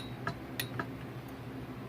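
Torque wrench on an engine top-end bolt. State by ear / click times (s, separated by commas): torque reached / 0.6 s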